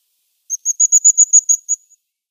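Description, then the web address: Crested tit calls: a run of about nine thin, very high notes, evenly spaced, lasting under two seconds. "Schulze Peter Crested Tit calls"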